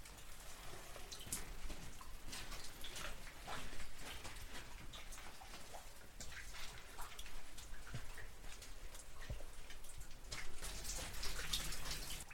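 Raindrops fall from ancient stones in a steady, dense patter of bright ticks, with a low rumble underneath and heavier bursts near eleven seconds.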